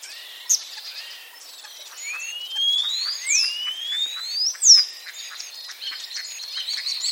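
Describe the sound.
Common starling giving long smooth upward-sliding whistles amid softer chirps, followed by a run of rapid ticking notes and twitters.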